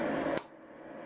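A bobbin case is pressed onto the hook post of a Blue Sky 1501 Ser.1 embroidery machine with its flip door left shut, so the post snaps into the door latch. Over a steady background hiss, one sharp, bright click sounds at 0.4 s, and the noise then drops quieter. The bobbin case is seated and locked into position.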